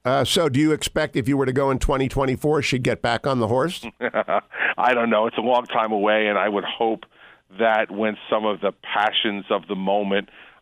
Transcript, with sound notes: So do you expect if you were to go in 2024, she’d get back on the horse?
(laughing) I don’t know. It’s a long time away, and I would hope that when some of the passions of the moment